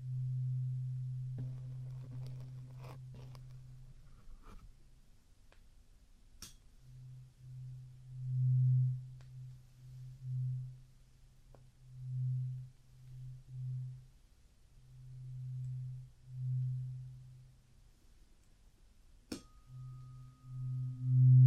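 Traditional Chinese ear cleaning, heard as a low humming tone, steady for the first four seconds with faint scratchy ticks over it. After a sharp click near six seconds, the hum swells and fades in repeated pulses. Another click near nineteen seconds brings in a thin, higher steady tone.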